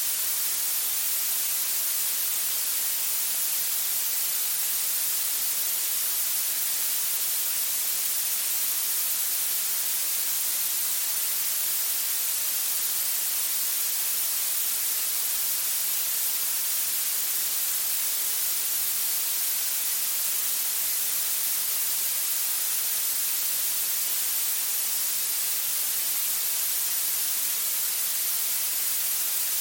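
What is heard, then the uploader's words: Soft blue noise runs without change for the whole half minute, a dense, even hiss. It leans toward the bright, airy top, with very little low rumble underneath. No separate events or background sounds break the steady wash. Soft Blue Noise. This is a softer version of blue noise. It has a milder and more subdued character compared to the intense and dynamic nature of regular blue noise.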